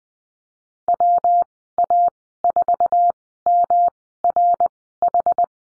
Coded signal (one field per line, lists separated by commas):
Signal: Morse code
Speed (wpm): 20 wpm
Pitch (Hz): 700 Hz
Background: none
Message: WA4MRH